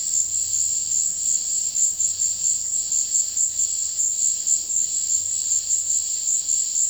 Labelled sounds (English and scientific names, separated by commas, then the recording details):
none
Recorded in dense forest near Puerto Asís, Putumayo, Colombia, on 21 February 2024 at 15:30
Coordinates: 0.485, -76.325
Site G6429